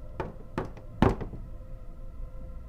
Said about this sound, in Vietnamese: Thời gian lặng lẽ trôi, bỗng nhiên có tiếng gõ cửa làm tôi giật mình.